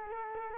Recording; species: mosquito wingbeat signal from an infrared sensor; Culex quinquefasciatus